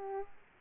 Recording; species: mosquito wingbeat signal from an infrared sensor; Aedes aegypti